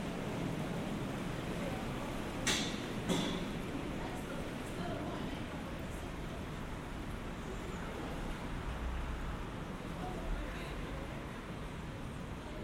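A Geneva soundscape made of a steady, dense wash of low rumbling noise, like traffic, that holds level throughout. Faint voices surface now and then, and two sharp knocks or clatters stand out around the two-and-a-half and three-second marks.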